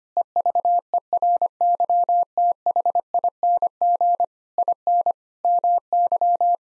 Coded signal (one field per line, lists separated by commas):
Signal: Morse code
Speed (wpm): 25 wpm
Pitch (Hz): 700 Hz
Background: none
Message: EVERYTHING IN MY